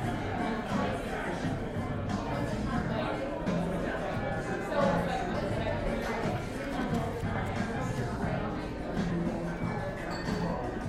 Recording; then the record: background sound without coughing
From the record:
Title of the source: 60 minutes of coffee shop sounds for study and concentration